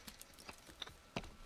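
A roller is passed over a finished diamond painting, pressing square resin drills down into the adhesive canvas. A few short, faint ticks sound over a quiet background, the loudest near 1.2 s. Nothing has seated or clicked flat yet.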